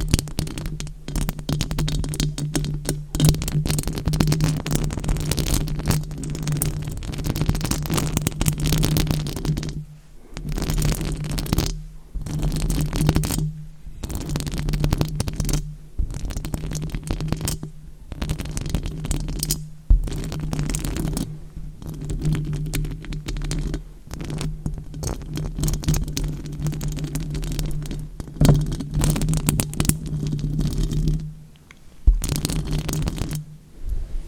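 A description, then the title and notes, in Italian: Long fingernails tap and scratch in dense, rapid clicking bursts over a steady low hum, with brief pauses near ten and thirty-one seconds. ASMR con le unghie lunghissime. In questo episodio ho indossato delle unghie finte molto lunghe.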